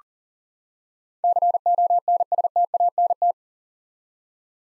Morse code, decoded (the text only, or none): CONSTANT